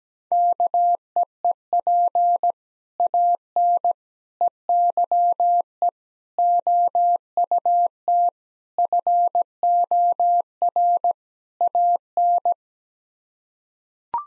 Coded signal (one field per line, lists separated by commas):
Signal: Morse code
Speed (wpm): 17 wpm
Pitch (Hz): 700 Hz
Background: none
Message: KEEP AN EYE OUT FOR AN